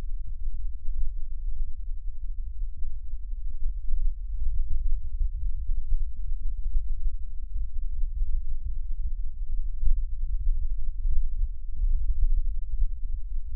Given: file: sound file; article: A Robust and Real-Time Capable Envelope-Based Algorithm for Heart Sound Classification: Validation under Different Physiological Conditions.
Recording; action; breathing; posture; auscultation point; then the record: heart sounds by electronic stethoscope; rest; normal; sitting; centre of the back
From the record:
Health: healthy, no known heart disease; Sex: male